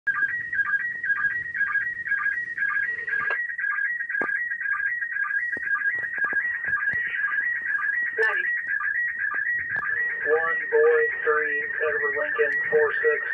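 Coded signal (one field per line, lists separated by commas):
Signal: SSTV (slow-scan television)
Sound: continuous warbling high tone with rhythmic ticks, people talking underneath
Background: speech in small room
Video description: Image received from the International Space Station by SSTV (slow scan television). The ISS was directly overhead.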